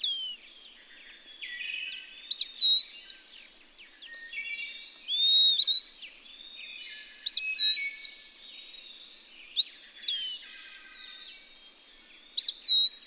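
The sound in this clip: Bird song, short whistled phrases with a looping slurred note, repeated every few seconds over a steady high drone.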